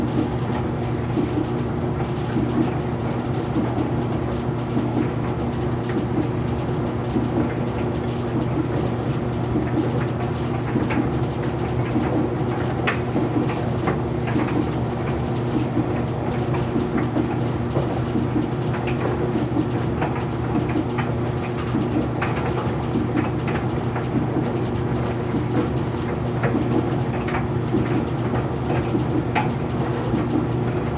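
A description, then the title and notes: A laundry dryer runs at a steady, even level, its deep droning hum holding unchanged for the whole stretch. Over the rumble come frequent light clicks and taps, loose and irregular, like items knocking inside the turning drum. House Noises: Laundry Dryer. Dryer Machine.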